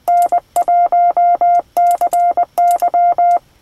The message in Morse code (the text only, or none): N1CY